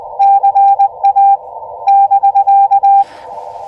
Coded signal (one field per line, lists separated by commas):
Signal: Morse code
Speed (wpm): 20 wpm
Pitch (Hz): 790 Hz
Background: none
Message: CA <BK>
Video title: First SOTA Activation CW Ham Radio Morse Code POTA w/a Puppy Elecraft KX2 Practice Parks on the Air